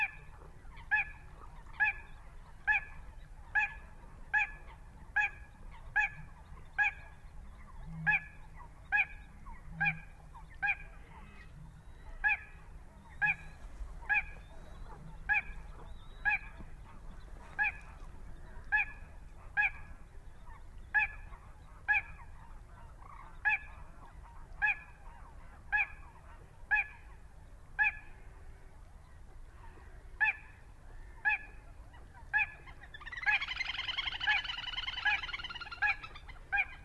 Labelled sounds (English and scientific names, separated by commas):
Little Crake (Porzana parva)